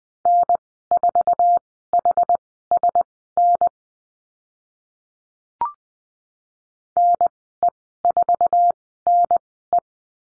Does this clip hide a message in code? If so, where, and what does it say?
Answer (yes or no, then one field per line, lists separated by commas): yes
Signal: Morse code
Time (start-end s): 0.3-9.8 s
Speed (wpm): 20 wpm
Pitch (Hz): 700 Hz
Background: none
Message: N4HSN NE4NE